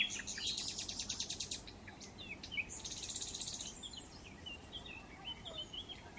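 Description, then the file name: Common nightingale song: a fast buzzy rattle of repeated notes, then a drawn-out high trill and scattered chirping notes, with faint background hiss. "Luscinia megarhynchos"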